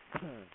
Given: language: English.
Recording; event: throat vibration sensor signal played as sound; cough